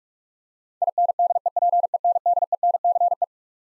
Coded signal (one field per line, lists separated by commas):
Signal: Morse code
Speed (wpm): 47 wpm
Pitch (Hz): 700 Hz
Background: none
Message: INDEPENDENCE